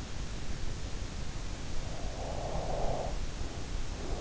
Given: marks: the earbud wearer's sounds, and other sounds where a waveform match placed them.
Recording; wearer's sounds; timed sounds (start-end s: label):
sounds in sleep by an in-ear microphone; breath
0.72-3.79 s: breath